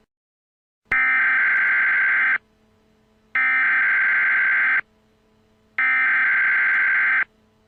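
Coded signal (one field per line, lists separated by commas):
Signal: Emergency Alert System (SAME) tones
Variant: header bursts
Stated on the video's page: Fictional EAS scenario, not a real alert.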